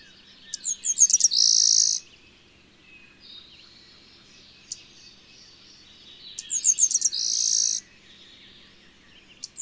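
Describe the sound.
Bird song: a high phrase of quick, sharp notes running into a loud buzzy trill, given twice about six seconds apart, with soft twittering between.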